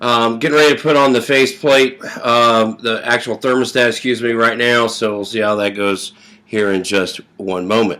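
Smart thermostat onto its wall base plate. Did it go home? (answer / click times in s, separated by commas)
no / none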